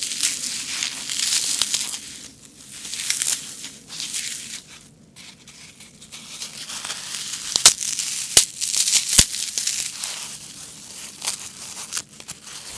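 Floral foam is crushed and broken, giving a dry, crisp crunching and crumbling that comes in uneven bursts with short pauses, one near the five-second mark. Sharp snaps punctuate it around eight and nine seconds, and a low hum sits underneath.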